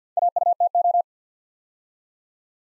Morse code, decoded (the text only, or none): AUTO